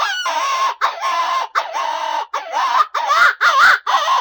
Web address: Coyote -Pups